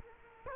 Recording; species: mosquito wingbeat signal from an infrared sensor; Culex quinquefasciatus